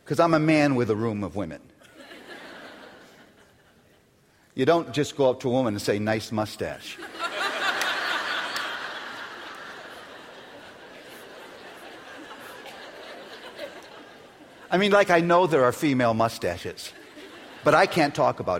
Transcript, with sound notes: because I'm a man in a room of women. You don't just go up to a woman and say, "Nice mustache." (laughter) I mean, I know there are female mustaches, but I can't talk about it.